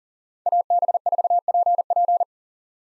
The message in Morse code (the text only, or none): AB4PP